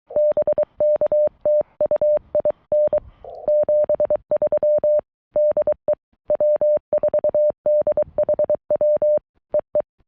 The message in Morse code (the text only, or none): BK TU IN 73 DE W4DHW EE